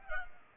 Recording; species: mosquito wingbeat signal from an infrared sensor; Culex pipiens